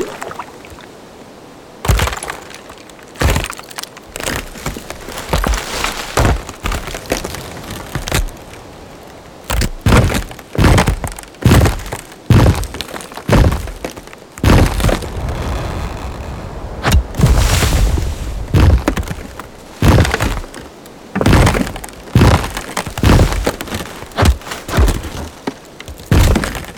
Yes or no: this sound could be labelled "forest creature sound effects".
yes